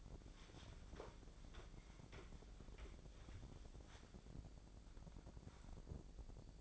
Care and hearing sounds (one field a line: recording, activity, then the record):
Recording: daily activity, microphone in the room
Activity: wipe stove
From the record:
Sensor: 5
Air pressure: 1012.4 hPa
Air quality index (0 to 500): 156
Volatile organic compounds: 2 ppm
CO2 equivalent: 1066 ppm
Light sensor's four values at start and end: 167/398/171/196 and 169/402/173/199